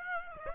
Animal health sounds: mosquito wingbeat signal from an infrared sensor; Aedes aegypti

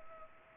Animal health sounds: mosquito wingbeat signal from an infrared sensor; Culex pipiens

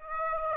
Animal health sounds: mosquito wingbeat signal from an infrared sensor; Aedes aegypti

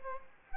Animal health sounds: mosquito wingbeat signal from an infrared sensor; Culex quinquefasciatus

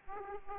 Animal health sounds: mosquito wingbeat signal from an infrared sensor; Aedes aegypti

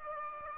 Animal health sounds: mosquito wingbeat signal from an infrared sensor; Aedes aegypti

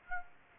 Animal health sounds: mosquito wingbeat signal from an infrared sensor; Aedes aegypti

